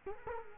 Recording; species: mosquito wingbeat signal from an infrared sensor; Culex quinquefasciatus